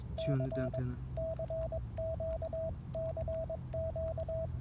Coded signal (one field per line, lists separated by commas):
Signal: Morse code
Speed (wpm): 22 wpm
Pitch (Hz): 650 Hz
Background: speech, radio noise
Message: C CQ CQ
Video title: EMTECH ZM-2 ATU Field Test #hamradio #amateurradio